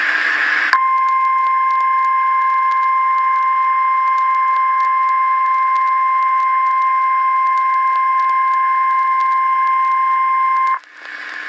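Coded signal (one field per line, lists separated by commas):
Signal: Emergency Alert System (SAME) tones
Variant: 1050 Hz attention tone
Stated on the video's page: Simulated EAS scenario, fictional.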